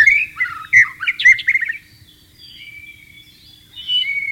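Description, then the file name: White-rumped shama song: a quick tumbling series of clear whistles and slurred notes, then soft, sustained high whistles trailing off. "suara burung murai batu di alam liar"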